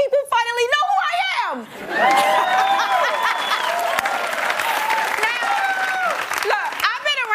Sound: laughter; applause

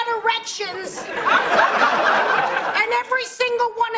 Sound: laughter

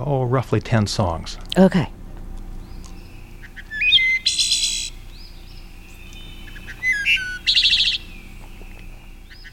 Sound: soundbite of wood thrush birdsongs

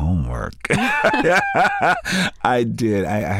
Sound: laughter

